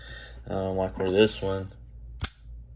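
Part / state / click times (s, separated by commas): folding knife blade locking into the open position in the handle / seated / 2.2 s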